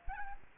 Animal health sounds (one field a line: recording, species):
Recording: mosquito wingbeat signal from an infrared sensor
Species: Aedes aegypti